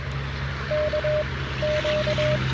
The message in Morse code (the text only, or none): K Q